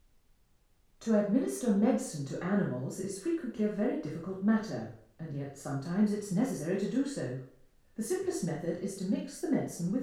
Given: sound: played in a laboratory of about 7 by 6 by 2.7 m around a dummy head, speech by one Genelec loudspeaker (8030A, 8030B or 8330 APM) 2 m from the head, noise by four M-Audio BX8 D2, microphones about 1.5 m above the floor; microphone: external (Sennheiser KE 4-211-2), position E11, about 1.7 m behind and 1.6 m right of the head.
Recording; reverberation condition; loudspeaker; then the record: female speech in English; medium; behind (180 degrees)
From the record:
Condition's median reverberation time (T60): about 510 ms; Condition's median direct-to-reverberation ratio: about -0.5 dB